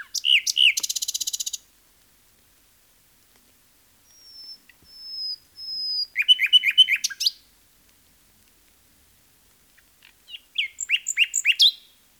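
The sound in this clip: Common nightingale singing: a fast buzzy trill, long pure whistles, then rapid repeated rich notes in separate phrases with pauses between.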